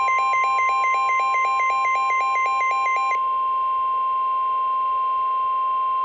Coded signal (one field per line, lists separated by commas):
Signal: Emergency Alert System (SAME) tones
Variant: 1050 Hz attention tone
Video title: Severe Thunderstorm Warning (EAS #28)